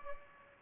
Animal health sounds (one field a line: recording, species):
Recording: mosquito wingbeat signal from an infrared sensor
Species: Culex pipiens